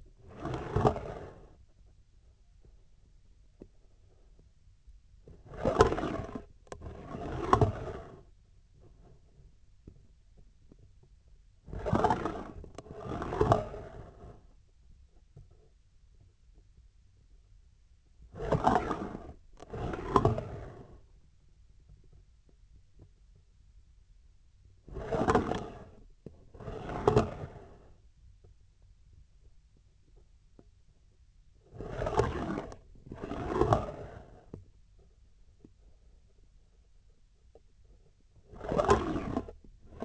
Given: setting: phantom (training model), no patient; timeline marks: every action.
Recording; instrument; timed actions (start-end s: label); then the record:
laparoscopic instrument, vibration sensor on the handle end; scissors
0.30-1.52 s: approaching movement
5.22-6.51 s: retracting movement
6.64-8.31 s: approaching movement
11.61-12.68 s: retracting movement
12.90-14.39 s: approaching movement
18.30-19.36 s: retracting movement
19.54-21.03 s: approaching movement
24.85-26.09 s: retracting movement
26.24-27.96 s: approaching movement
31.53-32.87 s: retracting movement
33.09-34.62 s: approaching movement
38.42-39.51 s: retracting movement
39.83-40.05 s: approaching movement
From the record:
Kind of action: spatial motion